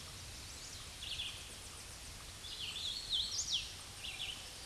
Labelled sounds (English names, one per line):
Hooded Warbler song